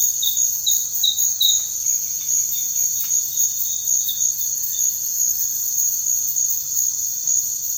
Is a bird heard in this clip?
yes